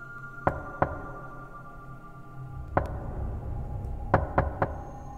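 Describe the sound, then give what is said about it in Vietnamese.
Sharp knocks on a door at night in irregular bursts: two quick raps, a pause, a single rap, then three fast knocks, over a low steady hum with no talking. “Thế nhưng tiếng gõ cửa ấy lại tiếp tục vang lên.”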